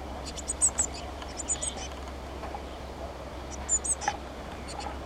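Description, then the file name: Eurasian blue tit uttering brief groups of high, sharp notes, a few groups spaced over several seconds, with a faint low hum behind. "Cyanistes caeruleus"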